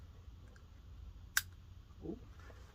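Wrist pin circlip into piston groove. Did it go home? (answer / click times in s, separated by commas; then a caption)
yes / 1.4 s. A metal wrist pin circlip is pressed into its groove in the piston during a top-end rebuild of a 2006 Yamaha GP 1300R two-stroke watercraft engine. It snaps into place with a sharp, bright click at 1.4 s, followed by a faint handling tap near 2.8 s. The clip is then confirmed seated in the groove.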